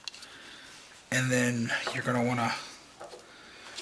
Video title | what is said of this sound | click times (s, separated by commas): Hot Toys MMS 463 Empire Boba Fett Unboxing! | just force the hook down on top of it and it just pops right in | 0.1 s